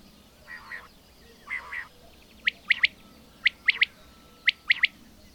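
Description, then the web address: Bird song with two soft buzzy phrases followed by bright, sharp chirps in clusters of three, about once a second. "madarak enek"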